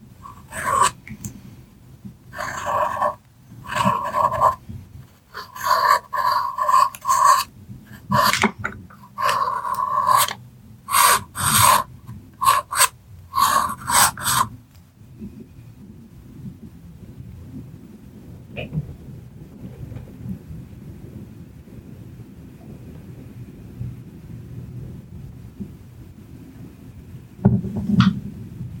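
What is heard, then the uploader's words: Pencils scratch and trace across paper in quick, bright strokes that come in dense bursts for the first fifteen seconds. After that the scratching stops, leaving a soft, low hush with a couple of faint taps near nineteen and twenty-eight seconds. Soft tracing with pencils.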